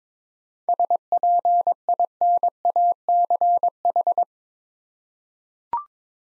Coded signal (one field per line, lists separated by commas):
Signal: Morse code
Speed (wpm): 22 wpm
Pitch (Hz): 700 Hz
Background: none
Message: SPINACH